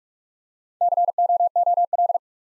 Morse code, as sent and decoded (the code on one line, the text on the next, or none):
-.-. --- --- .-..
COOL